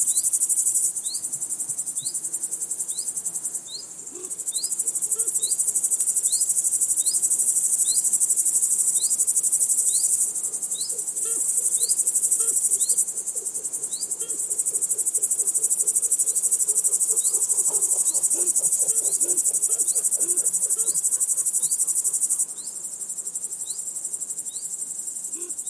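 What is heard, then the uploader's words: Insects fill a field with a dense, bright, shrill buzz that starts and stops in long stretches, pausing briefly near 4, 10 and 13 seconds before fading after 22. Quick repeated upward chirps tick steadily beneath it, with faint lower rustling and calls in the background. Sounds of Grasshoppers, Crows and Insects from the Fields.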